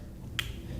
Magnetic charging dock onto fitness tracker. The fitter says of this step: snaps into place so it's magnetic which is cool